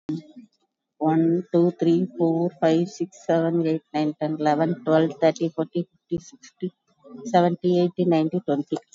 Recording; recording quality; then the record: counting at a normal pace; excellent, no background noise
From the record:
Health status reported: COVID-19 positive, moderate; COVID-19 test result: positive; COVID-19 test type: RT-PCR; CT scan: taken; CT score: 9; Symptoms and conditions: cough, cold, fever, muscle pain, loss of smell and taste, diarrhoea, hypertension, diabetes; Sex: female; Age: 57 years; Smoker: no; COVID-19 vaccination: none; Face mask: worn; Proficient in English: no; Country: India